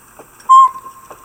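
Northern pygmy owl: a single short, pure toot, loud and level in pitch, with faint background sound.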